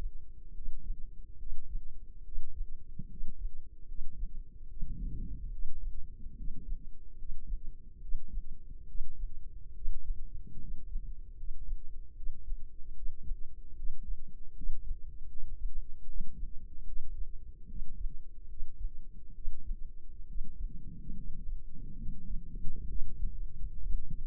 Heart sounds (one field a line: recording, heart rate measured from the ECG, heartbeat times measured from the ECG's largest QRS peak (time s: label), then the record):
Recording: heart sounds by microphone in the left ear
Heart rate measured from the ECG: 72 bpm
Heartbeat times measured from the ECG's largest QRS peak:
0.51 s: heartbeat
1.35 s: heartbeat
2.21 s: heartbeat
3.06 s: heartbeat
3.84 s: heartbeat
4.66 s: heartbeat
5.48 s: heartbeat
6.33 s: heartbeat
7.14 s: heartbeat
7.98 s: heartbeat
8.84 s: heartbeat
9.71 s: heartbeat
10.57 s: heartbeat
11.34 s: heartbeat
12.13 s: heartbeat
12.92 s: heartbeat
13.73 s: heartbeat
14.52 s: heartbeat
15.26 s: heartbeat
16.04 s: heartbeat
16.82 s: heartbeat
17.65 s: heartbeat
18.46 s: heartbeat
19.32 s: heartbeat
20.25 s: heartbeat
21.13 s: heartbeat
21.94 s: heartbeat
22.85 s: heartbeat
23.74 s: heartbeat
From the record:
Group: healthy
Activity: rest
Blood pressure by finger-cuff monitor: 115/66 mmHg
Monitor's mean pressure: 77 mmHg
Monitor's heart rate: 73 bpm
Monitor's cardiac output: 5.2 L/min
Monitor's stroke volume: 72 mL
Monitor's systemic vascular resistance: 1060 dyn s/cm5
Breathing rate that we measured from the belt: 17 breaths a minute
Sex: male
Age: 20 years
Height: 167 cm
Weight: 61 kg